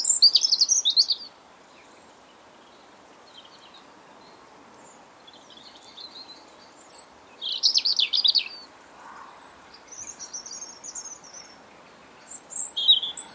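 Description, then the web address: European robin singing short, high, tinkling phrases at the start, around eight seconds and again near the end, with quieter scratchy notes and faint background hiss between. "Deverinetal 2025 File origin Bird Only Er Ru"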